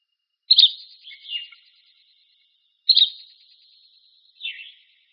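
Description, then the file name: Buff-breasted flycatcher giving two sharp high notes about two and a half seconds apart, each followed by one or two softer, lower notes. Recorded in Arizona on 3 August 2006. "deviche"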